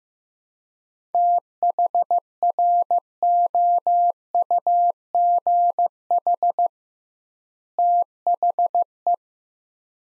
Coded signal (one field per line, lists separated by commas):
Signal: Morse code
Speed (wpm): 15 wpm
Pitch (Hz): 700 Hz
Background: none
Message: THROUGH THE